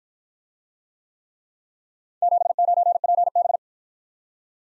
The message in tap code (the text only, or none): none